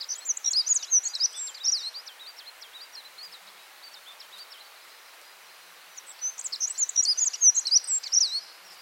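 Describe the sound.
Black-throated accentor song: a fast, high, scratchy twittering phrase, a pause of several seconds, then another similar jumbled phrase.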